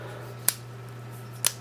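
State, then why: Not seated. A plastic internal button part for an Xbox Series Starfield Constellation controller is hooked on the side, lined up with the sync button and handled against the new controller shell. Two short, sharp plastic ticks are heard at about 0.5 s and 1.5 s over a steady low hum. Nothing has seated or snapped into place yet.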